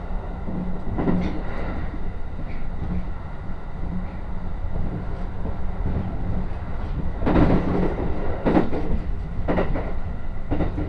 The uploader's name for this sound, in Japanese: 鉄道旅 宇都宮線 浦和→古河